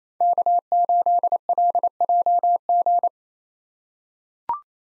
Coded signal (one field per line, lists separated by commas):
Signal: Morse code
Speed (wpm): 28 wpm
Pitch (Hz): 700 Hz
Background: none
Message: K8LJG